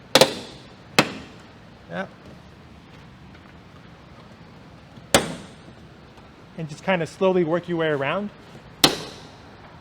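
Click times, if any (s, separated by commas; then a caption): 8.8 s. On a 2016-2017 Honda Accord Hybrid, the front bumper cover is pulled outward at the side, and several sharp snaps ring out at 0.2, 1.0 and 5.2 seconds while someone talks. At 8.8 seconds the plastic bumper cover clip releases from the fender bracket with a sharp snap, and the bumper is already coming off.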